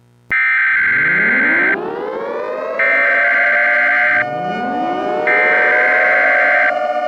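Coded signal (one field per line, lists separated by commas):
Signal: Emergency Alert System (SAME) tones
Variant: header bursts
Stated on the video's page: Fictional scenario alert about a nuclear strike amid a US–Russia war.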